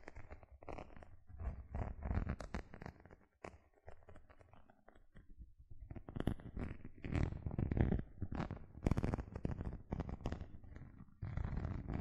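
Gentle scratching sounds made of dense bursts of short, crackly strokes that come in quick clusters. The scratching pauses briefly around four to six seconds, then resumes with sharper, brighter scrapes and a low rumbling undertone.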